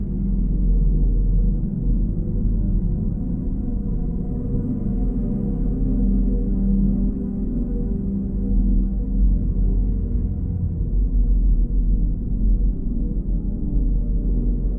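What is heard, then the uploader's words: Binaural beats hum as a dense, steady low drone, with layered tones stacked in the bass and low middle. The sound stays even for the whole stretch, with slow gentle swells and no distinct events. Nothing bright sits above it. Binaural beats and sweet layers.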